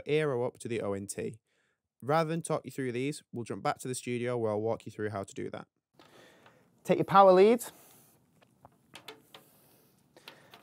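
Someone talks, then a USB-C power lead is picked up and its USB-C end is lined up with the power port of an Eero Pro 6E router, giving soft cable handling noises and a few light taps from about 6.0 s to 10.5 s. The plug has not been pushed into the router port yet, and nothing has clicked or seated.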